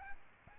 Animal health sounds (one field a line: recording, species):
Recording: mosquito wingbeat signal from an infrared sensor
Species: Aedes albopictus